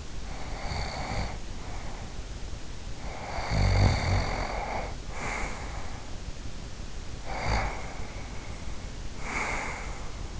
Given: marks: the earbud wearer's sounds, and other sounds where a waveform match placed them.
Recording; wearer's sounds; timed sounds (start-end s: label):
sounds in sleep by an in-ear microphone; snoring breath
0.26-2.25 s: snoring breath
2.93-6.21 s: snoring breath
7.15-10.40 s: snoring breath